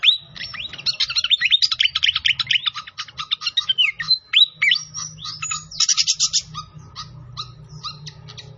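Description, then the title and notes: Pied fantail song: a busy, fast stream of high chirps and slurred whistles, almost continuous, with a soft low hum. Masteran (training song for cage birds) of clear-voiced song, mixed with the sound of trickling water. "Masteran Sikatan Kipas Suara Jernih Dan Suara Gemericik Air. Suara Burung Sikatan Londo"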